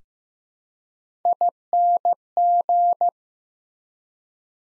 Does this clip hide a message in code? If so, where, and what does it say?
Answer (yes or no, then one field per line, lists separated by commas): yes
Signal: Morse code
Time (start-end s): 1.3-3.1 s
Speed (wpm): 15 wpm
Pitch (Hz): 700 Hz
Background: none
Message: ING